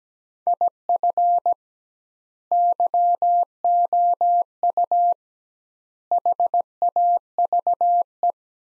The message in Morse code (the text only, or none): IF YOU HAVE